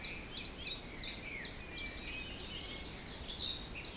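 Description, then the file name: Birds singing a rapidly repeated sharp downslurred note, several per second, with softer warbled notes beneath, over steady wind. Forest in spring, windy at Beaufort force 3, recorded at 1 pm. "Forest Spring Birds Windy 3 bft 1 pm"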